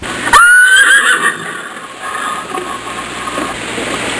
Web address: Soundsation Animals Horse